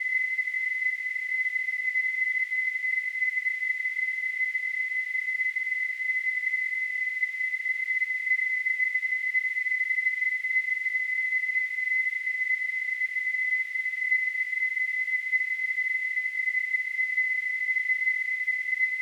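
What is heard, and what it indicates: A steady, unbroken high-pitched whistle near 2 kHz sits over a soft hiss in the upper range, unchanged for the full 19 seconds. It is a simulation of tinnitus, the ringing or whistling heard in the ears without any outside sound.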